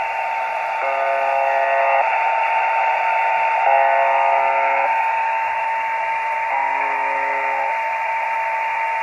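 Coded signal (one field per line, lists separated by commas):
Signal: channel marker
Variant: UVB-76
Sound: three short low harsh buzzes, about one second each, repeating every three seconds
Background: radio static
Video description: Nadaje na częstotliwości 4625 kHz. W Polsce UVB-76 jest dobrze słyszalny po zachodzie słońca. Potoczna nazwa tej stacji to "brzęczyk" (ang. buzzer)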